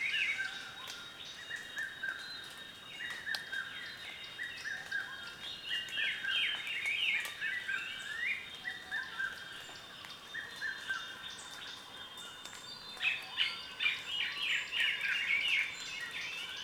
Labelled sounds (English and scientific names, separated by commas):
Red-capped Robin-chat (Cossypha natalensis)